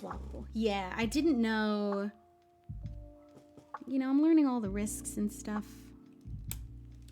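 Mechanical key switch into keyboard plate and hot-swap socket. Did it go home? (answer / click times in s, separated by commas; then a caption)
yes / 6.5 s. A mechanical key switch is pushed into a keyboard plate and hot-swap socket while someone talks over a background of steady tones and music. A sharp, short click at 6.5 s marks the switch seating into the socket.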